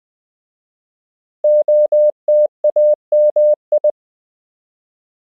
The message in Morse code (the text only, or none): OTAMI